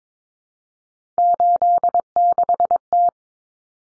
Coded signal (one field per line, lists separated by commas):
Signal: Morse code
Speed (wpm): 22 wpm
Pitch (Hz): 700 Hz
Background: none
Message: 86T